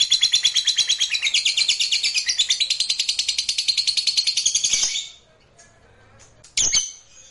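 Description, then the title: Lovebird giving a long, rapid, high-pitched chattering trill for about five seconds, then falling silent apart from one brief sharp note. Fighter lovebird giving a long ngekek. "Begitu Dengar Suara Lovebird FIGHTER NGEKEK PANJANG"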